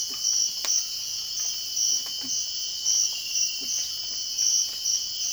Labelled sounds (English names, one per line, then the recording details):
none
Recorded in dense forest near Puerto Asís, Putumayo, Colombia, on 13 March 2025 at 05:30
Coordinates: 0.481, -76.323
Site G088